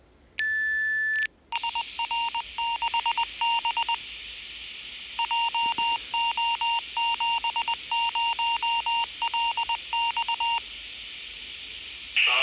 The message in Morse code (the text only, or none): SR6B JO70LX